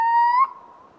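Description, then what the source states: Little owl giving a single clear whistled hoot that climbs gently in pitch over about half a second and ends sharply, followed by a faint fading trace. Hooting emerging from two quieter call types.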